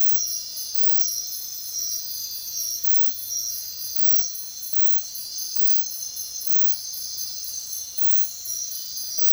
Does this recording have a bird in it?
no